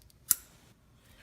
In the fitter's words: to push in your connector all the way till it clicks